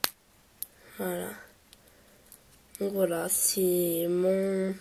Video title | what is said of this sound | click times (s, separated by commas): *Présentation de mes créa fimo * !! | Que le blanc j'ai pas envie de l'utiliser, donc voilà, on entend bien le clic quand on ferme. | 0.0 s